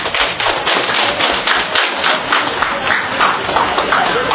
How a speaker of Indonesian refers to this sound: Boleh tepuk tangan dong, Bu.